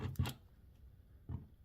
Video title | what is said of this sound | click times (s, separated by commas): ALL REVIEWS - Playmates Toys - Godzilla X Kong: The New Empire Figures - 2025 Compilation | Move Scar King's head out of the way a little bit and then you can hear a click. | 0.2 s